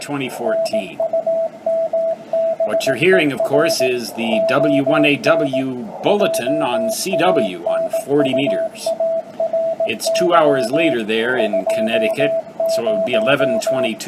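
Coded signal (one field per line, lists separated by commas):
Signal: Morse code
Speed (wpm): 18 wpm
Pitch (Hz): 660 Hz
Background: speech, radio noise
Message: NUMBER ON JANUARY 20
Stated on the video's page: Signals below 7 MHz heard through noise.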